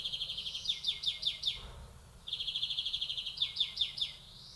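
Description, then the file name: European greenfinch sings fast, even trills that break into a run of sharply descending chirps, then pauses briefly and repeats the sequence. "Chloris chloris"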